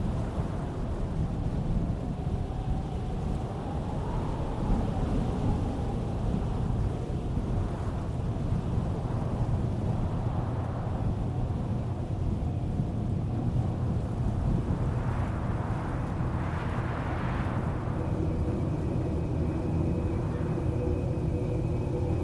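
Wind roars in a steady, dense low rumble that holds at an even level for the whole stretch. Soft gusts swell and fade every few seconds, brightening around the middle, and a faint thin tone hums in the background near the end.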